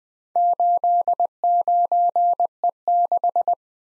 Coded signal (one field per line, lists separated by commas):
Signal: Morse code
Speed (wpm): 20 wpm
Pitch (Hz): 700 Hz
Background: none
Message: 89E6